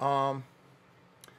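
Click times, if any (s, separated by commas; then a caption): 1.2 s. Someone talks briefly, then a wireless transmitter is pushed onto a microphone's XLR output. After a short quiet stretch, a single short, sharp click is heard at 1.2 s as the transmitter seats in the connector.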